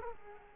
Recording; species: mosquito wingbeat signal from an infrared sensor; Culex quinquefasciatus